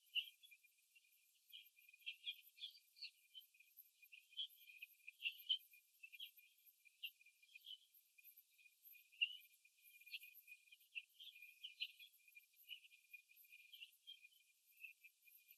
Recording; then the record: young laying hens in a cage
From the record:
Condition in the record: before the stressor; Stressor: simulated dog barking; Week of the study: 2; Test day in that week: 3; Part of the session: 3